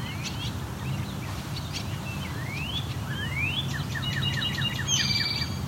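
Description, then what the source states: Northern Cardinal whistles: clear upslurred notes at irregular intervals, with short downward chirps. Two northern cardinals heard live.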